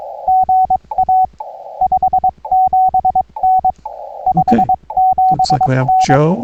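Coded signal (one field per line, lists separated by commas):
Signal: Morse code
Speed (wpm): 22 wpm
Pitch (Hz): 750 Hz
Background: speech, radio noise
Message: GA 57N 57N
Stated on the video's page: 20m CW POTA activation from a state recreation area on a Xiegu G90 at 20 W with a 20m delta loop antenna.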